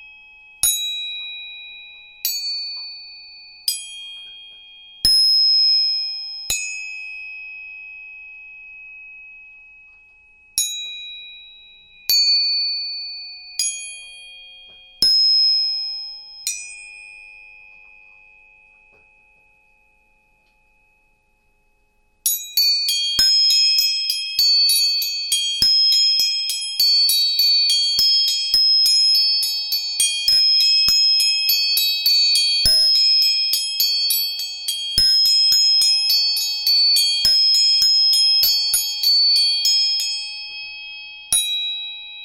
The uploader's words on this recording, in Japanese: 音叉チューニング全体性。